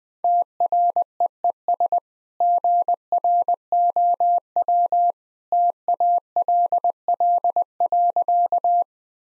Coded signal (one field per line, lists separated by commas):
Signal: Morse code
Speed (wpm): 21 wpm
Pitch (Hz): 700 Hz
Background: none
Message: TREES GROW TALL.